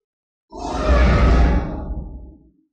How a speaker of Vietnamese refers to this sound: Bốn phương tám hướng đều truyền tới tiếng gào thê lương, giống như cửa địa ngục được mở ra vậy. Nơi nơi đều là những thân ảnh đen kịt khô héo tiến về phía này.